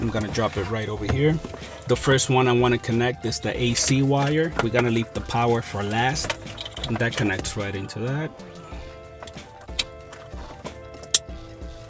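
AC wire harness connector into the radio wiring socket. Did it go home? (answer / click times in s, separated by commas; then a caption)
yes / 11.1 s. Someone talks while music plays as the plastic harness connector of an AC wire is pushed into its mating socket behind a car radio. A sharp click at 11.2 s marks the connector seating.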